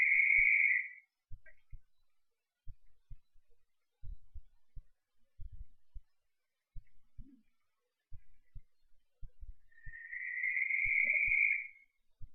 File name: Cape Verde Barn Owl scream